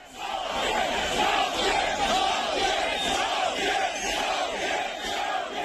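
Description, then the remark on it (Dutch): A large crowd of demonstrators in Kazakhstan chants the slogan "Shalket" ("the old man must go") in unison at a protest against fuel price rises, a loud, dense roar of many voices with a steady rhythmic pulse that continues throughout. “Dat roepen die Kazachse demonstranten.”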